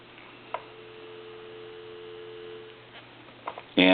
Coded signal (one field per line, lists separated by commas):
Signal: telephone call progress tone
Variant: North America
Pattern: dial tone